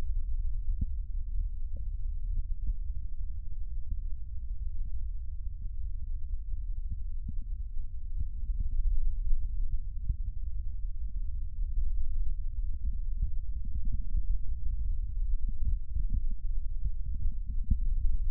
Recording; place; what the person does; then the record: lung sounds by stethoscope; right posterior basal chest; quiet breathing, then deep breathing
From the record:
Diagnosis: COPD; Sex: male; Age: 69 years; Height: 162 cm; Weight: 124.8 kg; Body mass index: 47.6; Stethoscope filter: bell mode